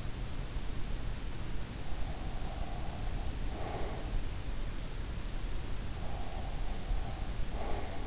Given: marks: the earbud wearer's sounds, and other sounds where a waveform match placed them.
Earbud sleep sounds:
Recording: sounds in sleep by an in-ear microphone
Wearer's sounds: breath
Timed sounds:
2.21-4.07 s: breath
6.28-8.06 s: breath

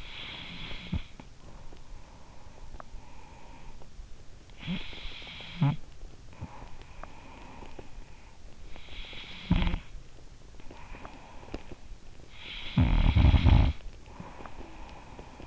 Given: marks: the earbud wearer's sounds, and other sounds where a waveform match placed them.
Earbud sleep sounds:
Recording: sounds in sleep by an in-ear microphone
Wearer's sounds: breath, snoring breath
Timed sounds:
0.00-3.89 s: breath
3.89-15.47 s: snoring breath

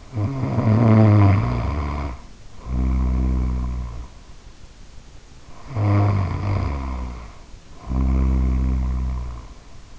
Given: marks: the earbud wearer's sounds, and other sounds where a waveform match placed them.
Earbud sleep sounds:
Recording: sounds in sleep by an in-ear microphone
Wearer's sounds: snoring breath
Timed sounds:
0.00-4.35 s: snoring breath
5.58-9.99 s: snoring breath

